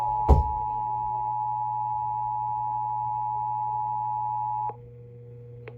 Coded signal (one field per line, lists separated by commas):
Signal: Emergency Alert System (SAME) tones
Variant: 853 and 960 Hz attention tone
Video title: EAS 1120: ANOTHER High Wind Warning from NWS Boulder